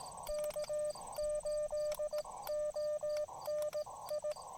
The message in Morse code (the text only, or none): K8ONI